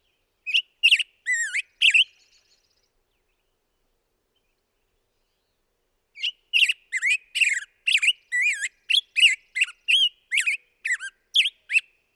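Black-headed grosbeak song: a short burst of rich, warbled whistled phrases, a pause of several seconds, then a longer run of rapid, looping rising-and-falling notes.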